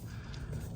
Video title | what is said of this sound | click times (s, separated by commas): Mercedes W210 LED Turn Signal Bulbs Front And Rear | clockwise until it snaps there it is | 0.3 s